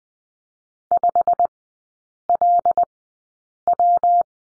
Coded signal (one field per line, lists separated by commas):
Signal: Morse code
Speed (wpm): 20 wpm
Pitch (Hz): 700 Hz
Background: none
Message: 5LW